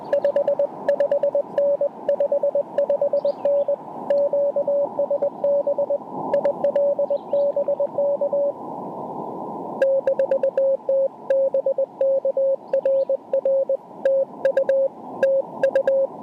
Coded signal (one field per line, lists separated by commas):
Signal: Morse code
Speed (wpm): 20 wpm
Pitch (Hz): 560 Hz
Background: radio noise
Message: 55N 55N QSB IL BK -T BK RR TU TU